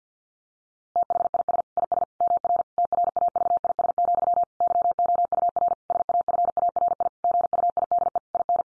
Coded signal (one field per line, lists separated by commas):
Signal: Morse code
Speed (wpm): 50 wpm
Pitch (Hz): 700 Hz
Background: none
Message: THIS IS MR TRAVIS, YOUR SAFARI GUIDE IN